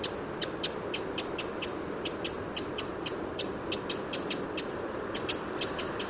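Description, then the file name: Eurasian wren giving a fast series of short, sharp, high ticking calls with one brief pause, over a soft constant background hiss. "Troglodytes troglodytes"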